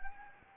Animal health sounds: mosquito wingbeat signal from an infrared sensor; Anopheles gambiae

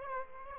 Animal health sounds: mosquito wingbeat signal from an infrared sensor; Aedes aegypti

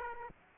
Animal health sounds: mosquito wingbeat signal from an infrared sensor; Aedes aegypti

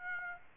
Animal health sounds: mosquito wingbeat signal from an infrared sensor; Aedes aegypti

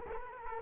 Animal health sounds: mosquito wingbeat signal from an infrared sensor; Culex quinquefasciatus

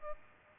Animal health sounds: mosquito wingbeat signal from an infrared sensor; Aedes albopictus

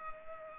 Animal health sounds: mosquito wingbeat signal from an infrared sensor; Culex pipiens

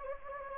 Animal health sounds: mosquito wingbeat signal from an infrared sensor; Anopheles gambiae

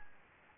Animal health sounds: mosquito wingbeat signal from an infrared sensor; Anopheles gambiae

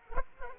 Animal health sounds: mosquito wingbeat signal from an infrared sensor; Culex quinquefasciatus

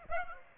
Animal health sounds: mosquito wingbeat signal from an infrared sensor; Aedes aegypti

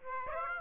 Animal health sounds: mosquito wingbeat signal from an infrared sensor; Aedes aegypti

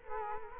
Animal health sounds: mosquito wingbeat signal from an infrared sensor; Culex quinquefasciatus

